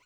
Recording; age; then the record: pig call; piglet (1 to 25 days)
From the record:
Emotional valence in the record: positive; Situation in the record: short reunion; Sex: male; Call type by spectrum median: low-frequency call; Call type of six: low-frequency tonal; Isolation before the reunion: 3 minutes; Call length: 0.06 s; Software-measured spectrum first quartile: 1372 Hz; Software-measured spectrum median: 2306 Hz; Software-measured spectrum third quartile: 3975 Hz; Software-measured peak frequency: 1009 Hz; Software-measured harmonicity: 3.1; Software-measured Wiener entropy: -1.44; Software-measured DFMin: 583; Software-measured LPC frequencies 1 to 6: 1026, 2239, 2827, 4233, 5994, 7164 Hz